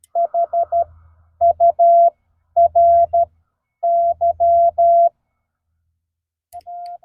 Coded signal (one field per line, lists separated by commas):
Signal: Morse code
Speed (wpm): 12 wpm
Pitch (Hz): 680 Hz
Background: none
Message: HURY